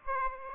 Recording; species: mosquito wingbeat signal from an infrared sensor; Aedes aegypti